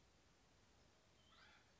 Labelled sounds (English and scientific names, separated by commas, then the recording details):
Acorn Woodpecker (Melanerpes formicivorus)
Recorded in Sonoma County, California